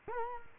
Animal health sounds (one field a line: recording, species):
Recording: mosquito wingbeat signal from an infrared sensor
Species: Culex quinquefasciatus